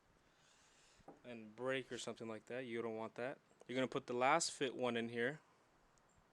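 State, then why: Not seated. A replacement Lasfit anti-hyperflash LED turn signal bulb is being handled for installation into the tail light socket of a 2017+ Honda Civic Hatchback (FK7). Someone talks throughout over a quiet background. The bulb has not seated or clicked into the socket yet.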